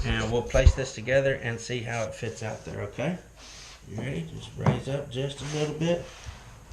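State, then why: Not seated. A vinyl floor plank is handled and raised up slightly as it is lined up with the click-lock joint of the adjacent plank, while someone talks throughout. Only faint handling and rubbing sounds are heard under the voice. Nothing has seated or clicked yet.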